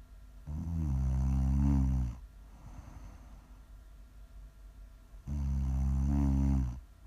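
An adult woman snoring in her sleep, offered as ASMR snoring. Two long, low-pitched, strongly tonal snores come about five seconds apart, with quiet breathing between them.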